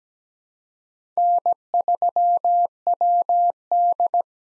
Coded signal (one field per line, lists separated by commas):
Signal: Morse code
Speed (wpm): 17 wpm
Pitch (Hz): 700 Hz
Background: none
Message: N3WD